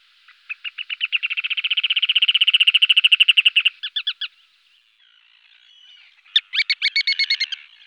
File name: Tourne pierre a collier